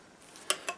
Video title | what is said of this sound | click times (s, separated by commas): Miele C2 Cat & Dog Powerline Vacuum Cleaner Unboxing & First Look | tight so that clicks in and it | 0.5 s